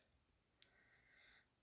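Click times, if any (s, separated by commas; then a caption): 0.6 s. A metal socket terminal crimped onto a turn signal wire is slid all the way into a plastic 4-way socket housing while swapping the stock front turn signal/running lights on a 2022 FXLRST for Drag Specialties Mini LED signals. Against a quiet hiss, a single sharp, short click sounds at 0.6 s as the terminal seats in the housing.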